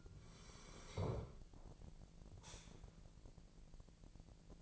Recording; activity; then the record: daily activity, microphone in the room; sit down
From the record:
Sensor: 5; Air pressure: 1002.0 hPa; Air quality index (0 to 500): 247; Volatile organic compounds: 30 ppm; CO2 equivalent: 2960 ppm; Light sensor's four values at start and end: 43/102/42/46 and 43/102/42/46